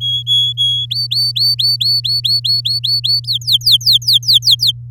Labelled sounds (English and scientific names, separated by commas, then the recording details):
Domestic Canary (Serinus canaria) song
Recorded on 10 May 2018 at 14:15
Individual llb16